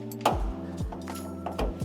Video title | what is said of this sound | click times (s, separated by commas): Unboxing the Vicrez Demon Style Hood with Air Vent Scoop (vz102129) for Dodge Challenger 2008-2023! | And to snap them down all the way, all you do is push down on it until you hear it click, | 0.3 s